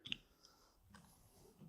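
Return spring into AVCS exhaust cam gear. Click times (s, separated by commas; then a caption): 0.1 s. A return spring is worked around with a rebuild tool while reassembling a Subaru AVCS exhaust cam gear, and it snaps into the metal gear with a sharp click at 0.1 seconds. A faint tick and some low handling noise follow as the spring sits seated in the gear.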